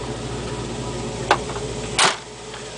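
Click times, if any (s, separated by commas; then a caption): 1.3 s. A left-side body latch on an old Range Rover Classic SUV, one that often hangs, is closed into its striker and catches with a sharp metallic clunk at 1.3 s, seating well this time. A longer, louder broadband burst follows around 2.0 s over a steady low hum.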